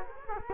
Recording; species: mosquito wingbeat signal from an infrared sensor; Culex quinquefasciatus